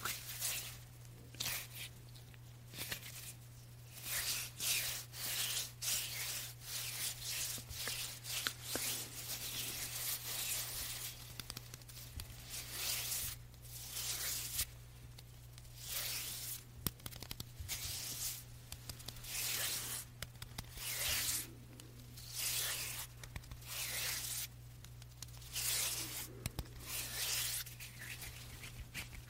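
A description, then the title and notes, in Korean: Hand sounds and hand movements mixed with ear blowing: soft, breathy rushes and rubbing strokes come in quick bursts, roughly one or two each second, for the whole half minute. A steady low hum runs underneath throughout. 손소리 , 핸드무브먼트 , 이어블로잉.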